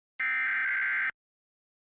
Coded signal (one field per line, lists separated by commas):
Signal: Emergency Alert System (SAME) tones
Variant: header bursts